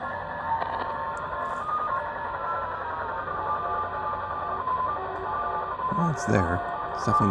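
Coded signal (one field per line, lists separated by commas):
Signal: channel marker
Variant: Japanese slot machine marker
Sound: faint repeating electronic tones through static, a man talking briefly near the end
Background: radio static, speech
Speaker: 8588 it's there it's definitely not as strong as the Texan was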